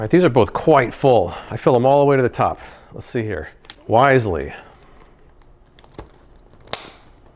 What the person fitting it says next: right, snapped in place. Feels pretty solid.